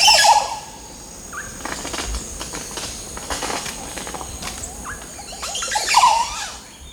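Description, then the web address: Montezuma Oropendola with a liquid gurgling phrase at the start and another near the end, separated by scattered clicks and rustling knocks. "BIRD NOTE. Montezuma Oropendola"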